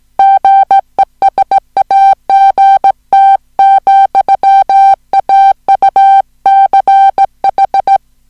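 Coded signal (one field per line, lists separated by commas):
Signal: Morse code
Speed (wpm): 18 wpm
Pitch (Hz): 780 Hz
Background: music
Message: GESAGT, AUCH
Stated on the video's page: Hand-sent Morse on a Junker straight key at about 15 wpm, recorded uncut with errors corrected, as plain-text copy practice of a short story.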